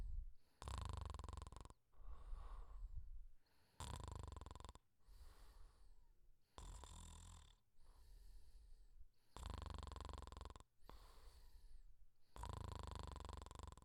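An adult snoring while asleep: loud, rhythmic snores about every 3 seconds, with quieter breaths between them.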